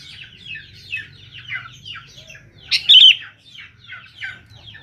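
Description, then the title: Sooty-headed bulbul song: quick bubbly chattering phrases repeated in a steady run, broken by one loud harsh burst midway, over a low steady hum. "Kutilang"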